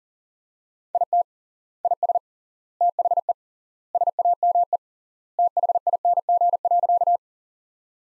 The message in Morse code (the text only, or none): IT IS THE SAME THING.